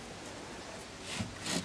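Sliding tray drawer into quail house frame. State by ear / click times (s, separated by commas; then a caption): not seated / none. A sliding cleaning tray drawer in a wooden quail house is slid out of its frame and moved back in, producing soft broadband scraping and rustling that swells near 1.1–1.2 s and again around 1.5–1.6 s. The drawer has not locked or clicked into place yet.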